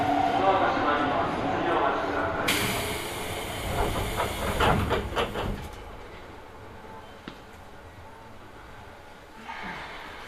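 A ride on the Hokuso Railway through to the Toei Asakusa Line, from Higashi-Matsudo to Ningyocho. A steady rumble with a murmur of voices gives way at about two seconds to a loud, bright rushing roar that peaks near five seconds, then fades to a quieter hum with a brief click.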